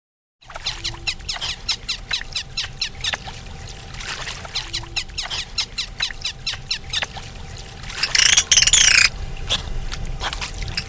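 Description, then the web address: Dolphin clicks in rapid trains of sharp ticks, then a short burst of high wavering whistles near the end, over constant watery background noise. "doublenight dolphin"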